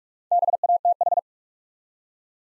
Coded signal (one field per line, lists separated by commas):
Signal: Morse code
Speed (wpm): 44 wpm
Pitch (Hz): 700 Hz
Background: none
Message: BATH